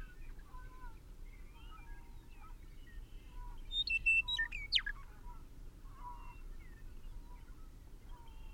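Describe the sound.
Bird calls: scattered short whistled and twittering notes throughout, with a louder cluster of sharp, high calls midway, over a steady low rumble.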